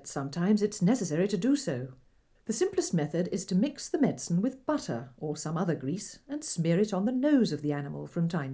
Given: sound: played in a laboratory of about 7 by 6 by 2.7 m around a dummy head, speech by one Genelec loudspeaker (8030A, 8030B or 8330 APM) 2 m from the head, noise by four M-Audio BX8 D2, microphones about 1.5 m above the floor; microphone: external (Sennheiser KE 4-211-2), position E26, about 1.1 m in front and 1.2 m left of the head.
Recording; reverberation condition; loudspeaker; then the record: female speech in English; low; 30 degrees to the left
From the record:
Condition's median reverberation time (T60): about 310 ms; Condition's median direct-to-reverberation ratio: about 3.5 dB